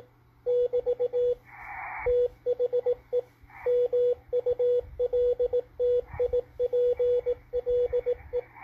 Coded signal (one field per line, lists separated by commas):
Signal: Morse code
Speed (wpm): 18 wpm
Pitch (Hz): 490 Hz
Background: radio noise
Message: <BT> THE MULTIPLE